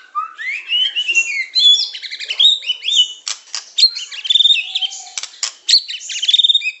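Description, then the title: Bird song: a varied medley of rising whistles, chirps and rapid buzzy notes, broken by sharp clicking bursts. Complete masteran (song-training) recording of bird song. "Kicau Burung Masteran Lengkap"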